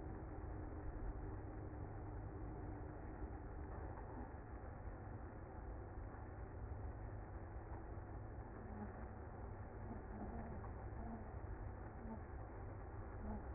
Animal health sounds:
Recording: honeybee colony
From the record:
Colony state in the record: active

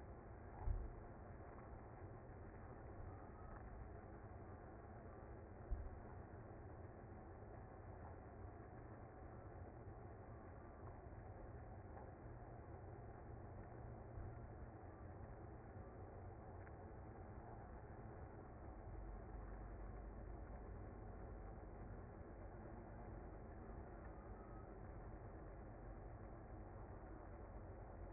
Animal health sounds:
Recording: honeybee colony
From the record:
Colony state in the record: active

